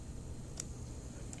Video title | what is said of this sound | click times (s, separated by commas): PS4 Slim Controller Reassembly!!! | we're going to press it till it clicks awesome | 0.6 s, 1.3 s